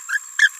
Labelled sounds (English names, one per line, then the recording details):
Green-rumped Parrotlet babbling
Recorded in a nest box in Venezuela
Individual 18B17A4